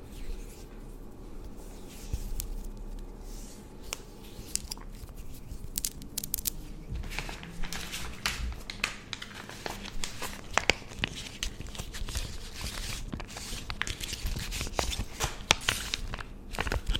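Tingly layered sounds of skin and hair pampering, made of dense crackly rustles and soft squishy touches. Sharp bright clicks and crinkles pop up irregularly throughout, growing busier after about six seconds, over a steady low rumbling bed.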